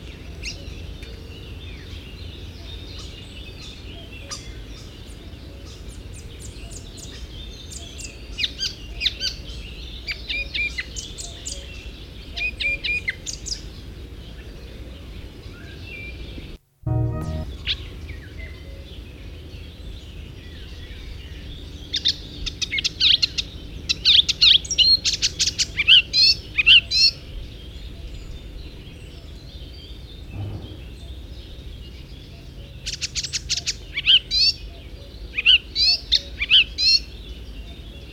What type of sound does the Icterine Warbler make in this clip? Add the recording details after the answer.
song. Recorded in the wild. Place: Burgas, BG. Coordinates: 42.887, 26.968. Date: 1974-06-04. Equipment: Nagra III BH, Sennheiser MD 21, parabola. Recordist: Schubert, Michael